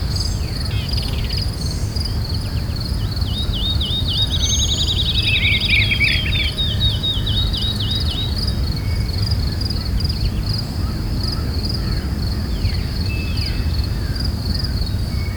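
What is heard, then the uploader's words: Night in the woods: a steady high insect drone over a low rumble, with a burst of rapid chirping trills around five to eight seconds. A Night in the Woods.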